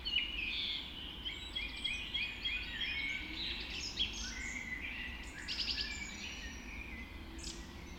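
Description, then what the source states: Dawn chorus: many birds singing together at dawn, fast repeated chirps and warbles layered densely over a low rumbling background. Dawn chorus recorded just after dawn in the Forest of Dean.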